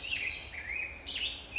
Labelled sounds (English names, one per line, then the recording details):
Black-headed Grosbeak
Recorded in Sonoma County, California